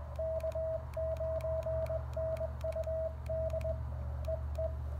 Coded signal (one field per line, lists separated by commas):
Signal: Morse code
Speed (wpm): 22 wpm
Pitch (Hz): 660 Hz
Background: radio noise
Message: K9NUD EE